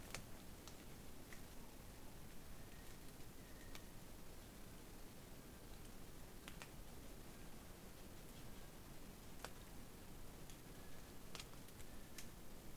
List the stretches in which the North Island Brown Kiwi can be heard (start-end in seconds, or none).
2.46-12.76